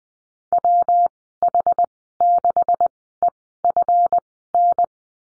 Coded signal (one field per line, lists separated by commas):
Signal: Morse code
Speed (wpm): 20 wpm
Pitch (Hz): 700 Hz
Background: none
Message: WH6EFN